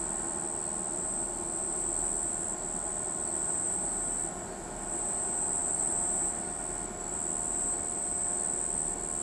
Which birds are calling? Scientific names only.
none